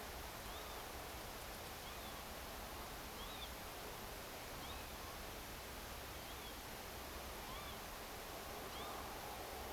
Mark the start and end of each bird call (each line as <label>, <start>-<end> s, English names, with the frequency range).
Northern Lapwing (2.9-3.9 kHz), 0.45-0.83 s
Northern Lapwing (2.0-3.9 kHz), 1.84-2.12 s
Northern Lapwing (3.0-3.9 kHz), 3.18-3.48 s
Northern Lapwing (2.3-4.0 kHz), 4.62-4.91 s
Northern Lapwing (2.9-3.7 kHz), 6.27-6.52 s
Northern Lapwing (1.0-3.7 kHz), 7.49-7.75 s
Northern Lapwing (1.2-3.8 kHz), 8.73-8.94 s